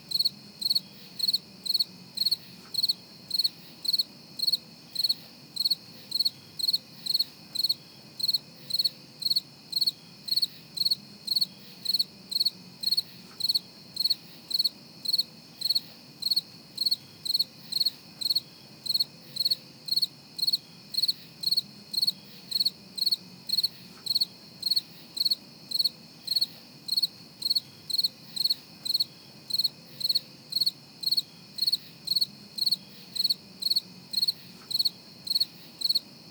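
Crickets chirp in a fast, steady, high-pitched pulse throughout, regular, over a faint low hum in the background.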